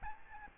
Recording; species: mosquito wingbeat signal from an infrared sensor; Aedes albopictus